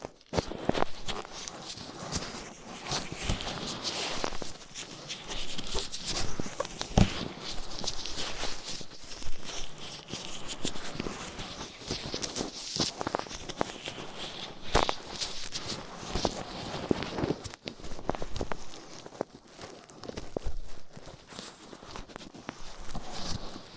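Ear cleaning with latex gloves, a dental pick and cotton swabs: dense, crackly rubbing and scratching runs throughout with quick irregular taps and clicks. Sharper bursts stand out around 7, 15 and 17 seconds, with the level staying fairly even otherwise.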